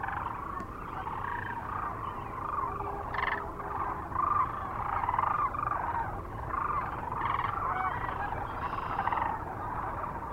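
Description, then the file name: Sandhill Crane flock calls, a dense continuous chorus of rolling, rattling calls overlapping throughout, with several louder bursts. Recorded near Kearney, Nebraska, on 9 March 2004. "2004-03-09 SACRandmore B Kearney NE"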